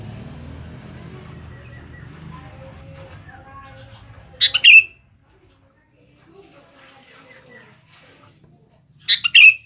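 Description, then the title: Sooty-headed bulbul uttering two brief, rich chortling phrases about five seconds apart, with faint background noise at the start. "Kutilang"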